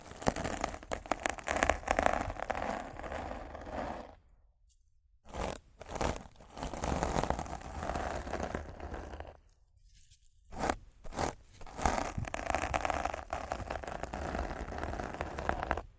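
Rough scratching and brushing on a mic, dense crackly strokes with bursts of crunching, pausing near 4 and 10 seconds before resuming.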